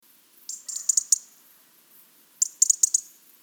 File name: Erithacus rubecula